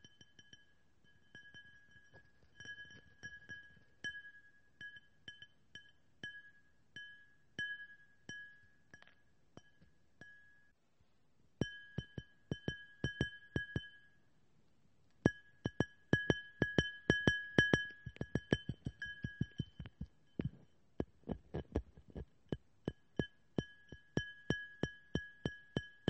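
Lots of tapping, sharp clicky strikes on a glassy surface, each one ringing briefly at a few bright pitches. The taps start sparse and soft, break off near eleven seconds, then return louder and faster, with dense bursts after fifteen seconds.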